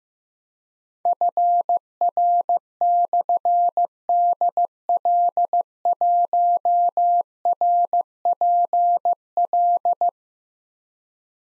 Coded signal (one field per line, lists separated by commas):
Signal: Morse code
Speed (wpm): 15 wpm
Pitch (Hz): 700 Hz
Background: none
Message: FR/DL1RPL